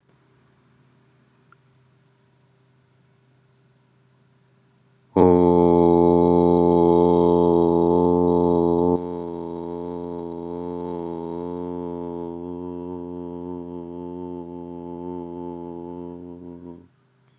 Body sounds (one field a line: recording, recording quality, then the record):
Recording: sustained vowel as in boot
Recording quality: excellent, no background noise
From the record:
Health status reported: recovered from COVID-19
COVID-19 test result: negative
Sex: male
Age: 26 years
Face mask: not worn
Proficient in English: yes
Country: India